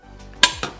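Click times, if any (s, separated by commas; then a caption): 0.4 s. A MAP sensor is pushed into the newly welded aluminium bung on the intake manifold of a Mk1 Audi TT quattro. It pops in with a sharp, bright hit at 0.4 s, followed by a quieter second knock at 0.6 s. The sensor is seated.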